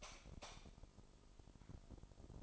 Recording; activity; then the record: daily activity, microphone in the room; light off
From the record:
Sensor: 5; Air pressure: 988.5 hPa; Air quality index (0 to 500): 211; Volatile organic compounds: 99 ppm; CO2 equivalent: 3746 ppm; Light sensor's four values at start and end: 47/141/55/59 and 46/135/53/57